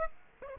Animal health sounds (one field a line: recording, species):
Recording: mosquito wingbeat signal from an infrared sensor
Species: Aedes aegypti